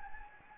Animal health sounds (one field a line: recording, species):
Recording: mosquito wingbeat signal from an infrared sensor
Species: Anopheles gambiae